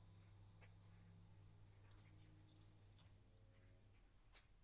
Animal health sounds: poultry house recording; sick chickens (respiratory disease)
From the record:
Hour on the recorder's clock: 11

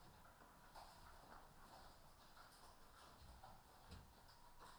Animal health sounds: poultry house recording; healthy chickens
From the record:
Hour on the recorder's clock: 14

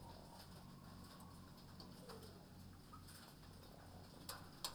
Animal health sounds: poultry house recording; sick chickens (respiratory disease)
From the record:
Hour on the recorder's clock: 20

